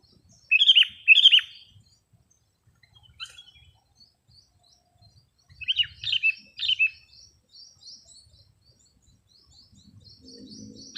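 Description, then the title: Sooty-headed bulbul song: two short bubbly whistled phrases near the start, then three more around six seconds, with faint high twittering and low rumble between. "kutilang"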